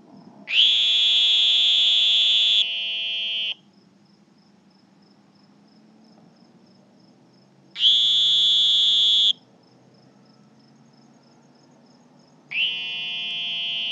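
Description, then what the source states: Sonoran green toad trills: three long, high, buzzing bursts separated by quiet gaps, the first with two callers at slightly different pitches. Two toads calling together as a duo.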